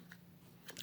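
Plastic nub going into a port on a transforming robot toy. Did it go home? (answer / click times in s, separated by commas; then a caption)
yes / 0.8 s. A small plastic nub on a transforming robot toy is pushed into a port and locked into place. A faint tick is heard near 0.1 seconds, then a sharp click at 0.8 seconds as the nub seats. Someone talks.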